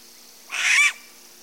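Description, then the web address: Striped owl giving a single harsh, hissing screech of about half a second, broad and noisy. Eastern lowlands of South America. "Natures Songs S America Eastern Lowlands Striped Owl"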